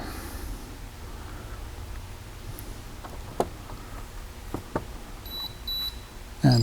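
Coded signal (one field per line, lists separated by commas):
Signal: beep code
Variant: rocket flight altimeter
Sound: quiet room noise and a few knocks, then two short high beeps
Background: room noise, handling knocks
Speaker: two beeps uh is an morsco eye for idle mode and that little chirp tells us there are no uh ejection charges attached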